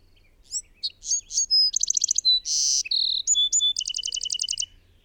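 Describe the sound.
Bird song: a complex phrase mixing high whistles, pure tones, quick trills and a buzzy burst, ending with a run of rapid repeated notes.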